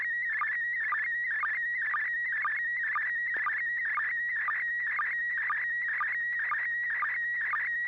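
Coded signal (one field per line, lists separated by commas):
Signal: SSTV (slow-scan television)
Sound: warbling, chirpy tone with steady rhythmic low blips about twice a second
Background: low hum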